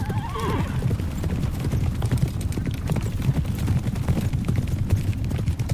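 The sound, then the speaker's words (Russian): Rapid galloping hoofbeats of pursuing horses on a frosty night pound steadily in a dense, low rumbling rhythm, making the ground vibrate, with a horse's high wavering whinny rising briefly at the start. “Ночные птицы стихают, потревоженные, а земля начинает идти тихой вибрацией из-за топота копыт.”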